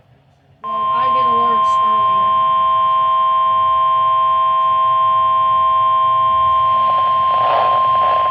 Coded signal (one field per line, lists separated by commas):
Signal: Emergency Alert System (SAME) tones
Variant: 1050 Hz attention tone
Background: speech